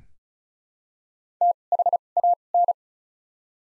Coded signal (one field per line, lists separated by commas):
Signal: Morse code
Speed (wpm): 36 wpm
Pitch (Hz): 700 Hz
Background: none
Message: T H A N